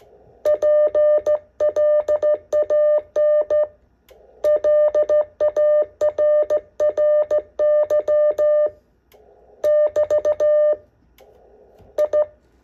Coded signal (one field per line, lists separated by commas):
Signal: Morse code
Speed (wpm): 14 wpm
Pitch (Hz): 600 Hz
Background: none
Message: PLAN LARRY <BT> I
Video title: STRAIGHT KEY MORSE CODE PRACTICE